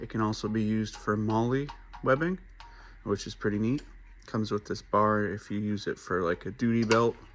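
A plastic duty-belt bar is handled near a Tek Lock style belt clip on a kydex AR/airsoft magazine pouch, a clip that also fits MOLLE webbing. Someone talks throughout, with only faint handling noise underneath. The bar has not snapped into the clip yet; nothing has seated or clicked by the end.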